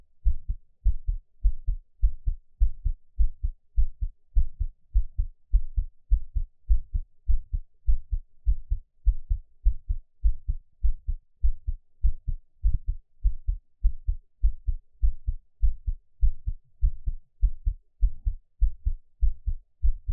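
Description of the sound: Steady, evenly spaced low thumps repeat about 100 times a minute across a quiet background, with no talking or other sounds. These are an adult's own heartbeat, heard up close.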